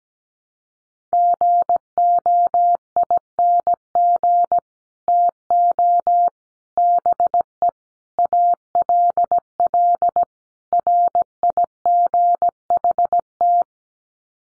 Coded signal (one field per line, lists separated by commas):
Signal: Morse code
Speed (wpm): 17 wpm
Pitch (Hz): 700 Hz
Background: none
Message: GOING TO BE ALL RIGHT